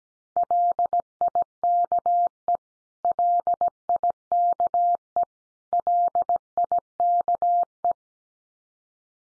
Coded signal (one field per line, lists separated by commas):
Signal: Morse code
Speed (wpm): 17 wpm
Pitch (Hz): 700 Hz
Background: none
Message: LIKE LIKE LIKE